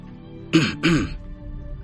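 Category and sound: human body sound, dry cough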